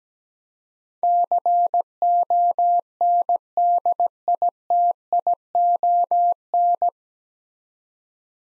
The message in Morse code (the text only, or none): CONDITION